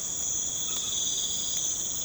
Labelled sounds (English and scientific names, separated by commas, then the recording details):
none
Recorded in pastures near Puerto Asís, Putumayo, Colombia, on 12 March 2025 at 01:00
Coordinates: 0.505, -76.324
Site GP08